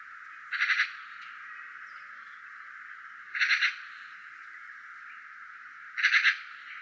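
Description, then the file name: Eurasian magpie with three dry, rasping chatter bursts, each a quick run of about four notes, repeated roughly every two and a half to three seconds against constant hiss. "Pica pica"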